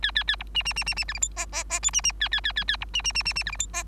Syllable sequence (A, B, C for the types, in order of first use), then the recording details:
A A A B C C C C C D E F G G G H C C A A A A A B C C C C C D E F G. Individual Bird3